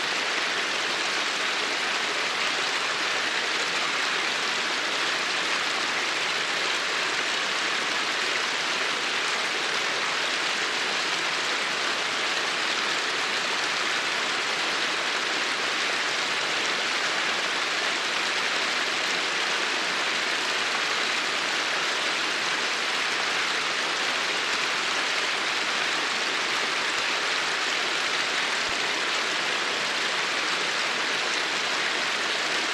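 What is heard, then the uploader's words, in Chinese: Running water rushes steadily for the whole clip, a dense, even hiss weighted toward the bright end, with no distinct events. 放鬆流水聲 睡眠白噪音。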